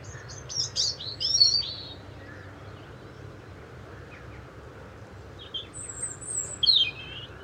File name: Erithacus rubecula